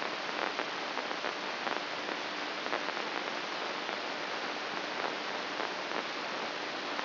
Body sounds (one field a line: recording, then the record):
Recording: brain microelectrode recording played as sound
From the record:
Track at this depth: inside the subthalamic nucleus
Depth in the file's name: 6.216 mm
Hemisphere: left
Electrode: 2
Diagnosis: Parkinson's disease